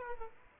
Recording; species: mosquito wingbeat signal from an infrared sensor; Aedes aegypti